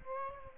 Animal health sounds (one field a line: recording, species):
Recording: mosquito wingbeat signal from an infrared sensor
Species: Aedes aegypti